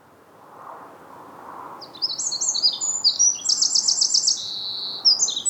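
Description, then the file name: Eurasian wren bursts into song after a quiet start: shrill rapid notes, a dense rattling trill midway, then more sharp chattering phrases. "Troglodytes troglodytes"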